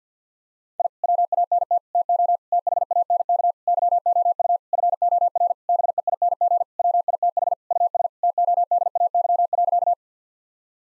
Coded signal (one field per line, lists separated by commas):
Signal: Morse code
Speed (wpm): 50 wpm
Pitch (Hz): 700 Hz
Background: none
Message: I WANT TO THANK YOU FOR BEING WITH US TODAY.